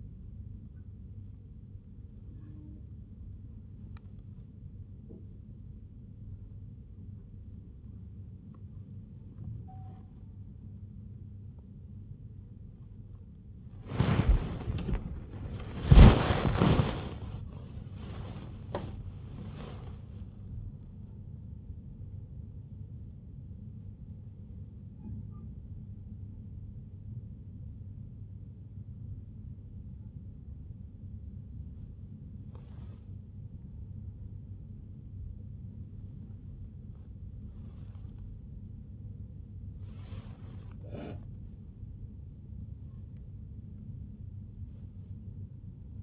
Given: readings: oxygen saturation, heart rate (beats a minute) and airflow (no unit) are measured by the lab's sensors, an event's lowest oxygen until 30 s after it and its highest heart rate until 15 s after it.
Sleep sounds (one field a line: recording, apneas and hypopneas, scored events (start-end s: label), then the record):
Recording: a person awake in a sleep study, by a smartphone at the bedside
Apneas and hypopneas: none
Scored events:
0.00-46.03 s: awake
From the record:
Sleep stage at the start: awake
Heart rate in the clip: 63 to 96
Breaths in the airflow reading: 16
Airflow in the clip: -0.9 to 1.5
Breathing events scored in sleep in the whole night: 51 in 8.9 hours asleep